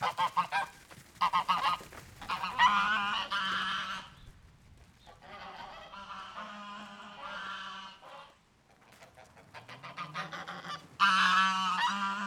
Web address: GDC 2016-Game Audio Bundle Sound Ex Machina - Animal Farm Gooses honking and moving around the yard